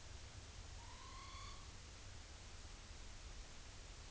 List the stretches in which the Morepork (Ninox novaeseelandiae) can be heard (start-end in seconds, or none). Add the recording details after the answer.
0.67-1.68. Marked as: faintness 4/5. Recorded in New Zealand on 30 April 2013. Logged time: 02:19. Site Ponui